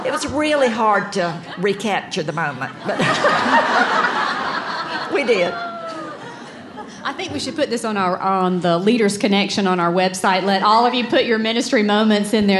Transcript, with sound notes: It was really hard to recapture the moment. [laughter] We did. It think we should put this on the Leader's Connection on our website-let all of you put your ministry moments in there.